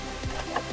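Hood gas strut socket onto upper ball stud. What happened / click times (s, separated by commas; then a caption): The strut socket snapped partway onto its ball stud but was not fully home / 0.6 s. The top end of a new hood lift support strut for a BMW (E46, E39, E65, E66, E83) is turned, lined up and pressed onto its upper ball stud. A single sharp click sounds at 0.6 s, but the socket is not yet fully home.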